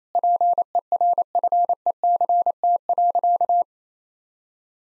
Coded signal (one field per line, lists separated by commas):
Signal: Morse code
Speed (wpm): 28 wpm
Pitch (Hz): 700 Hz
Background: none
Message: PERFECT.